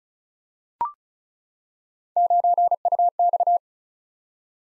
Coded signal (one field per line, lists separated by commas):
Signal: Morse code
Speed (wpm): 36 wpm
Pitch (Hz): 700 Hz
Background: none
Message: 9UX